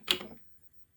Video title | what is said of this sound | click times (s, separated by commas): RPK styled ak47 Tabuk DMR | get it fit down in there and then it locks in place | 0.1 s